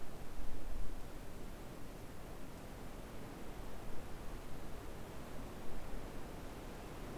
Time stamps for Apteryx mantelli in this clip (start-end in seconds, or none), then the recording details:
none. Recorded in New Zealand on 6 February 2013. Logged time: 23:58. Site DQ55